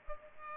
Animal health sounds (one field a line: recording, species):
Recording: mosquito wingbeat signal from an infrared sensor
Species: Culex pipiens